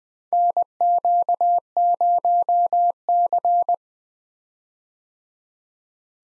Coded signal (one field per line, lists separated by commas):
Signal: Morse code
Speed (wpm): 21 wpm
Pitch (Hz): 700 Hz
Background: none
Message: NQ0C